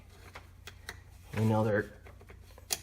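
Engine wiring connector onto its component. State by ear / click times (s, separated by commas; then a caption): seated / 2.7 s. An engine wiring connector on a 2011-2017 Ford 3.5L or 3.7L Duratec V6, worked on during a spark plug replacement, is clipped back onto its component. Someone talks briefly over faint handling ticks, then a sharp click at 2.7 s marks the connector seating. The connector is locked in.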